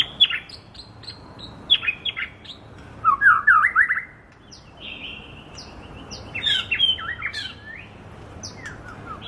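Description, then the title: Bird song of chirps and whistled notes, a loud rapid burst in the middle, then scattered notes and chips. Masteran (training) recording for songbirds. "LuckyBurung MasteranBest"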